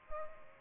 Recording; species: mosquito wingbeat signal from an infrared sensor; Culex pipiens